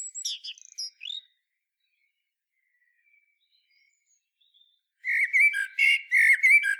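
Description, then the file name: Common blackbird singing a short phrase of squeaky high notes, a long quiet gap, then a richer warbled phrase. "Turdus merula"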